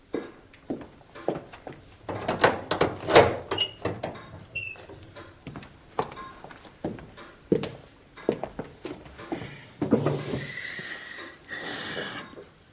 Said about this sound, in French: Attendez. On pourrait nous déranger. Je vais fermer la porte.